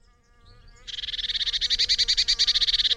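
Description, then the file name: Eurasian blue tit churr: a rapid, pulsed, buzzy rattle that starts abruptly and holds steady for about two seconds. "Cyanistes caeruleus"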